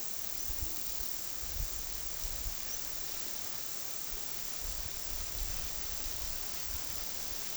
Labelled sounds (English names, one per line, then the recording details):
none
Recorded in pastures near Puerto Asís, Putumayo, Colombia, on 20 February 2024 at 16:00
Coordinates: 0.468, -76.328
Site G6414